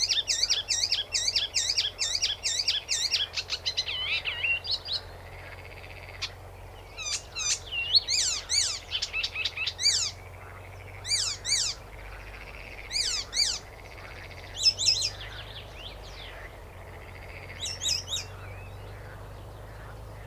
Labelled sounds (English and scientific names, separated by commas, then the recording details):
Icterine Warbler (Hippolais icterina)
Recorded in the wild
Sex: pair
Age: adult
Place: Möhrendorf, Bayern, DE
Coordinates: 49.6361, 10.9861
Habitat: pond
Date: 1962-05-31
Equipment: Stellavox SM 5, Original, Vollspur
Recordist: Tretzel, Erwin